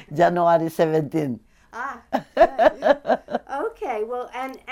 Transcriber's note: she laughs